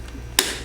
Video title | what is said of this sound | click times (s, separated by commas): Shoei RF-1100 Helmet Review at RevZilla.com | in, flip it around this way, your back hook goes in, pops | 0.4 s